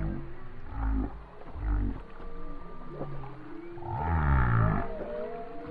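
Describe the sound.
Whale song featuring low pulsed moans and faint tonal whistles, then a strong falling groan near the end of the passage.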